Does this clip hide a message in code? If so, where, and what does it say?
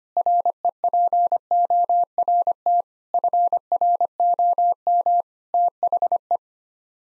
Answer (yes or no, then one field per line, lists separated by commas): yes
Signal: Morse code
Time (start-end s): 0.2-6.4 s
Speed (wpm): 25 wpm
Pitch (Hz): 700 Hz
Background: none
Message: REPORT FROM THE